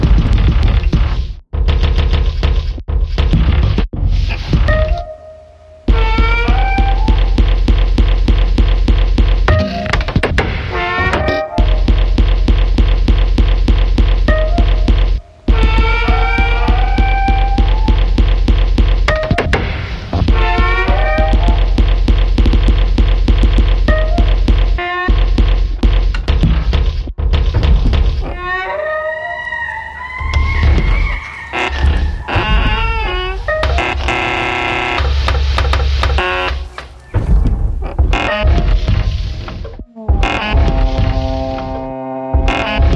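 An old door creaks and squeals almost nonstop, its strained groans bending up and down in pitch as it is worked back and forth. A loud, deep rumble sits underneath throughout, broken by a few brief drops to near silence.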